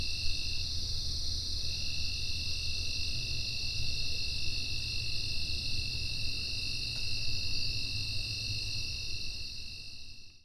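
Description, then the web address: Insects keeping up an unbroken shrill drone in two steady pitched tones, the lower briefly pausing near the start, with a low rumbling background that fades at the end. "General Insects"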